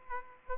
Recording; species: mosquito wingbeat signal from an infrared sensor; Aedes aegypti